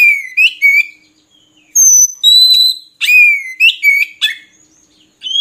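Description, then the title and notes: Oriental magpie-robin singing varied whistled phrases, sharp slurred notes alternating with long clear whistles, with short pauses between bursts. Song for training caged birds, intended to make the bird sing actively day and night. "Kacer Jadi Gacor Siang Malam. Isian Kacer Durasi Panjang"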